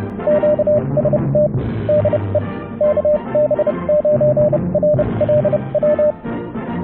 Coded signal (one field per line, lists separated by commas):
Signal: Morse code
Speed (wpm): 30 wpm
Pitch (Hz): 600 Hz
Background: radio noise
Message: QST DE KB9RLW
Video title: Ham radio and Linux - Stop your radio from automatically becoming the default audio device.